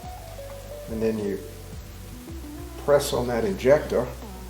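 Someone talks over background music while a circlip injector tool is pressed to drive a steel wrist pin circlip toward its groove in the piston pin bore during engine assembly of a 1977 Porsche 911 2.7L CIS engine. The circlip has not yet snapped into place or seated by the end of the clip.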